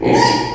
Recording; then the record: squeal of a Yucatan mini pig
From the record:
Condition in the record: before surgery on the right vocal fold (resection and tissue-engineered implant); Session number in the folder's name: 2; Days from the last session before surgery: 0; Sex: male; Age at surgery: 12 weeks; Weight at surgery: 13 kg